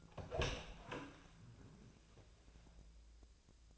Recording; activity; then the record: daily activity, microphone in the room; open door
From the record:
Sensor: 2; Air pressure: 1000.3 hPa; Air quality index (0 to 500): 176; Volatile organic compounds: 3 ppm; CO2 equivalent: 1465 ppm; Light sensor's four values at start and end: 9/23/9/10 and 10/23/10/10